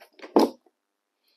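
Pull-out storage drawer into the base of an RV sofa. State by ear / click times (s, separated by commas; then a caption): seated / 0.4 s. A large pull-out storage drawer in the base of a fixed RV sofa in a 2024 Renegade XL 45DBM motorhome is pushed closed after being opened. A soft sliding rustle builds, then the drawer latches with a sharp click at 0.4 s, followed by a faint tick and near silence. The drawer locks shut and is seated in place.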